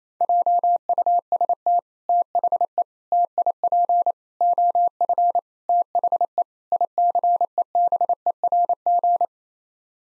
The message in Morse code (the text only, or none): JUST THE TIP OF THE ICEBERG